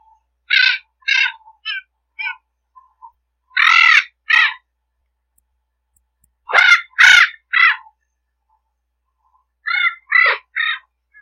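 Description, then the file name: Spix's macaw giving harsh, raspy squawks in short bursts of two to four, separated by pauses. "canto da ararinha azul"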